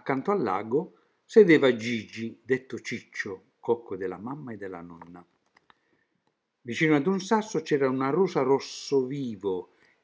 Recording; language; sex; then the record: read passage; Italian; male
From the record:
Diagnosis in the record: healthy control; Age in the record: 76 years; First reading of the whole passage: 56 s, 9.2 characters per second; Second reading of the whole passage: 53 s, 9.7 characters per second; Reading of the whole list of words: 49 s, 5.7 characters per second